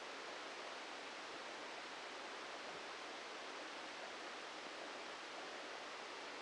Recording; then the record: brain microelectrode recording played as sound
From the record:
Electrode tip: inside the subthalamic nucleus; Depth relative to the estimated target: 1 mm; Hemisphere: left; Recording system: NeuroSet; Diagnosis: Parkinson's disease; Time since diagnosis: 14 years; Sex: male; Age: 51 years